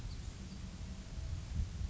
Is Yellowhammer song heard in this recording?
no